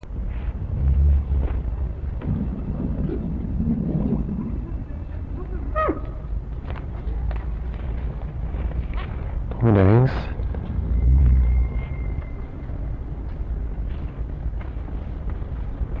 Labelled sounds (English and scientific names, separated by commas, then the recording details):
One-humped Camel (Camelus dromedarius)
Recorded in captivity
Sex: diverse
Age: adult
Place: Zoo Berlin, Berlin, DE
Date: 1961-01-14 15:30
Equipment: Minifon, Kopie Smaragd
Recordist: Tembrock, Günter